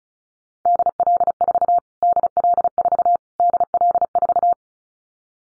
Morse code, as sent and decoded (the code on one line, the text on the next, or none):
-.. .-.. ....- / -.. .-.. ....- / -.. .-.. ....-
DL4 DL4 DL4